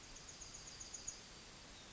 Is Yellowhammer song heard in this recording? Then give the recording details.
yes. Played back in forest. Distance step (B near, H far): F. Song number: 163